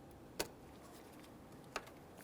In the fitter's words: got a little click from that